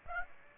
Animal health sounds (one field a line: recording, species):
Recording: mosquito wingbeat signal from an infrared sensor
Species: Aedes aegypti